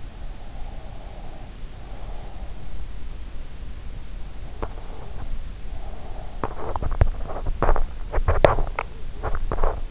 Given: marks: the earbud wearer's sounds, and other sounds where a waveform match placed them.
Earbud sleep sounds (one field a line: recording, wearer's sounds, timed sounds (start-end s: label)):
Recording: sounds in sleep by an in-ear microphone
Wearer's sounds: breath, body movement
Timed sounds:
0.55-2.29 s: breath
4.42-9.91 s: body movement